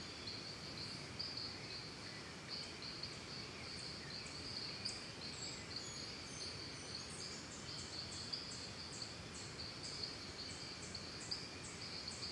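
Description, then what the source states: Steady high cricket trill runs throughout, joined by a rapid series of even higher repeated ticking notes in the second half, over background hiss. Costa Rica; calm forest and jungle ambience.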